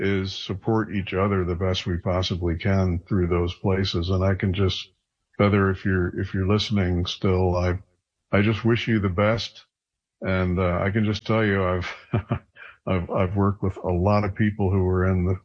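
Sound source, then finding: Adult male speaker. Normal speech.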